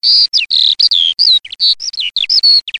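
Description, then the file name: Eurasian skylark song, a fast stream of high chirps and trills, many notes sliding up or down. "ALLODOLAMORENO"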